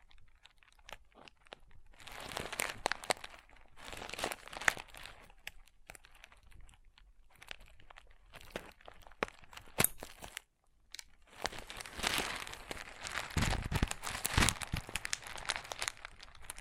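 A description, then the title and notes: Crunchy slime being squeezed and worked, giving dense bursts of crackling, crinkly pops that come in clusters. The sound is bright and busy from about 2 to 5 seconds and again from 12 seconds on, with quieter, sparser clicks between and a brief silence near 10 seconds. ASMR Satisfying Crunchy Slime (No Talking).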